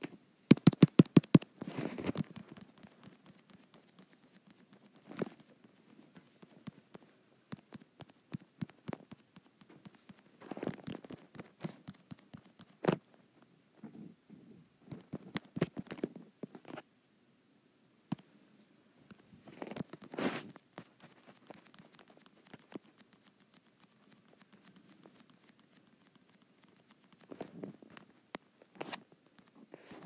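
Fingertips tap and brush against a touch screen in quick irregular clusters of sharp clicks. The busiest flurries come at the start, around ten to twelve seconds, fifteen seconds and twenty seconds, separated by near-silent pauses with only scattered single taps.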